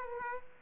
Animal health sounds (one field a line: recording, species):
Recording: mosquito wingbeat signal from an infrared sensor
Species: Aedes aegypti